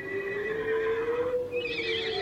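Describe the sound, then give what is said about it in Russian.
A horse lets out a long, high whinny with a steady tone that rises and wavers into shrill upper harmonics near the end, heard alone without any talking. “Наука хорошая лошадь, быстроногая, увлечет за собой волков.”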